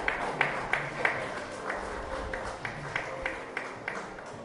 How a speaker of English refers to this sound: I think we can put out some more applause, everybody.